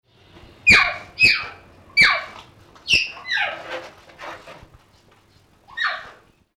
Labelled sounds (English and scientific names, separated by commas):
Cheetah (Acinonyx jubatus)